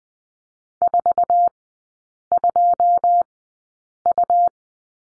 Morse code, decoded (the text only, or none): 42U